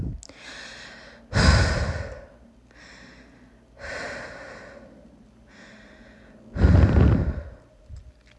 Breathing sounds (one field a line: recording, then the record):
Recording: deep breathing after running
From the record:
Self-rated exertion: moderate exertion (3 of 6)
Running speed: 5 miles an hour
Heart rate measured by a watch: 146 beats a minute at the start, 141 at the end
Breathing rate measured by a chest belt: 21 breaths a minute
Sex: female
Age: 18 years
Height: 171 cm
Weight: 75 kg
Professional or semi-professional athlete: no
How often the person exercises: 1 to 2 times a week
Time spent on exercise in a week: under 1 hour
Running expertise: no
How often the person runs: 1 to 2 times a week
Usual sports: running, fencing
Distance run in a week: 3 km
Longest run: 21.3 km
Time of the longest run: 190 minutes